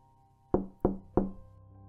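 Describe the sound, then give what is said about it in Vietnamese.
Three firm knocks on a door, evenly spaced about a third of a second apart, each a dull woody thud with a short ringing decay, then quiet. “Chợt có tiếng gõ cửa vang lên, làm ông Đông tạm gác lại luồng suy nghĩ.”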